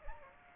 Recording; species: mosquito wingbeat signal from an infrared sensor; Aedes aegypti